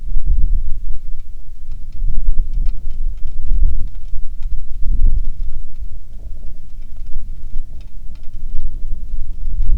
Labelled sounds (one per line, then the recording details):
bird
wind
rain
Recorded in the Prudhoe Bay oil fields, Alaska, on 27 July 2019 at 18:29
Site 19